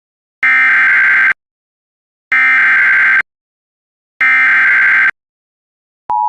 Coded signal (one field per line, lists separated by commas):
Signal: Emergency Alert System (SAME) tones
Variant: header bursts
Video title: EAS #744 Immediate Evacuation